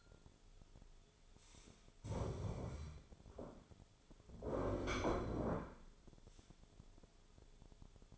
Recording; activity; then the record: daily activity, microphone in the room; stand up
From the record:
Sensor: 5